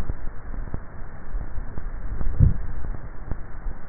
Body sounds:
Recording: swallowing sounds by neck microphone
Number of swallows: 1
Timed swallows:
2.08-2.82 s: swallow
From the record:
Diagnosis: dysphagia

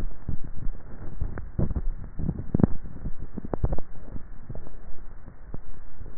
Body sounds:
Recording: swallowing sounds by neck microphone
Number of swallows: 1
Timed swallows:
1.15-1.82 s: swallow
From the record:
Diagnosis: dysphagia

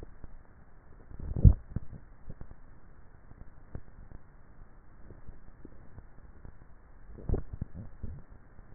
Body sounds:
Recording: swallowing sounds by neck microphone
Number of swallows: 2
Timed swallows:
1.28-2.08 s: swallow
7.22-7.82 s: swallow
From the record:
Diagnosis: dysphagia

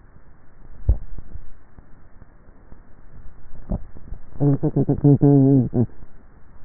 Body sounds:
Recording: swallowing sounds by neck microphone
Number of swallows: 2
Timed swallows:
1.12-1.15 s: swallow
3.42-3.92 s: swallow
From the record:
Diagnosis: dysphagia

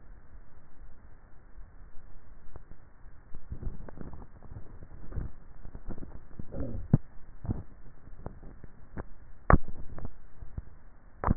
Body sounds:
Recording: swallowing sounds by neck microphone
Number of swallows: 3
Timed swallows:
3.45-4.88 s: swallow
5.12-6.18 s: swallow
7.45-8.32 s: swallow
From the record:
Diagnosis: dysphagia

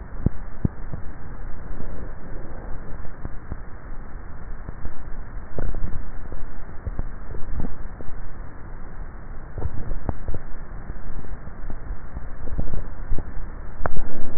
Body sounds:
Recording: swallowing sounds by neck microphone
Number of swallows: 4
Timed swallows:
5.55-6.62 s: swallow
7.25-8.38 s: swallow
9.52-10.32 s: swallow
12.38-13.12 s: swallow
From the record:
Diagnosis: dysphagia

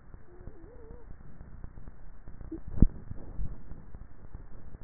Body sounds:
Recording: swallowing sounds by neck microphone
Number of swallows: 1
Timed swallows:
2.72-3.55 s: swallow
From the record:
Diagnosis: dysphagia

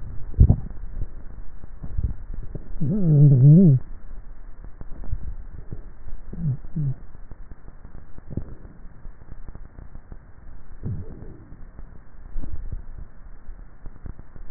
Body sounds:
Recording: swallowing sounds by neck microphone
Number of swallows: 4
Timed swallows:
0.31-1.11 s: swallow
1.95-2.51 s: swallow
5.01-5.81 s: swallow
12.45-13.05 s: swallow
From the record:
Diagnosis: dysphagia

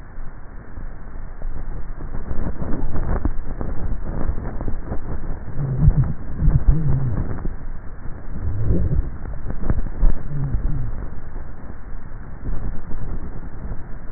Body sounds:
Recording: swallowing sounds by neck microphone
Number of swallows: 2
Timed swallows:
3.70-4.90 s: swallow
9.50-10.20 s: swallow
From the record:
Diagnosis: dysphagia

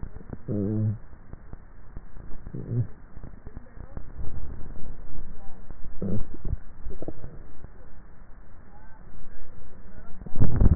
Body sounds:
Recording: swallowing sounds by neck microphone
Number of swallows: 1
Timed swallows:
6.38-7.22 s: swallow
From the record:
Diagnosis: dysphagia

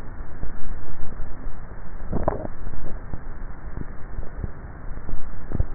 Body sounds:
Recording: swallowing sounds by neck microphone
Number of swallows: 1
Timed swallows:
2.15-3.02 s: swallow
From the record:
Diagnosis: dysphagia

